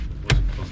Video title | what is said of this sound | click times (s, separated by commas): FORD TRANSIT CUSTOM MODS! - Black Alloy Wheels, Roof Spoilers, Hydro Dipping, Bumper Bar - Van MODS | oh there you go oh that's a positive click | 0.3 s